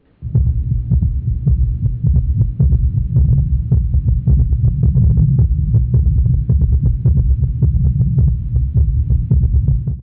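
Heart sounds of an adult heard through a stethoscope, a rapid pulsing low-frequency beat with a steady background hum.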